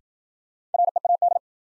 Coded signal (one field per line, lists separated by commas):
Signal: Morse code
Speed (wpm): 55 wpm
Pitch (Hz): 700 Hz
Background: none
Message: READ